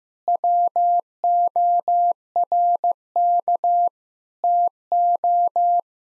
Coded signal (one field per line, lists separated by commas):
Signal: Morse code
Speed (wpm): 15 wpm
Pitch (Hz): 700 Hz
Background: none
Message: WORK TO